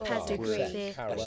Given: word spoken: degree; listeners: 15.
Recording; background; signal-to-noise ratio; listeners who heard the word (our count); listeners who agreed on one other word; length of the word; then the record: one English word in noise, from a listening test; four-talker babble; -1.5 dB; 2 of 15; 9 of 15; 0.86 s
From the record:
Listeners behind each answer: 9, 2, 2, 1, 1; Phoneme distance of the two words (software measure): 14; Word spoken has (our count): 2 syllables, 5 phonemes, stress on syllable 2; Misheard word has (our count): 3 syllables, 7 phonemes, stress on syllable 1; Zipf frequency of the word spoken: 4.49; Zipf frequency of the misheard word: 3.64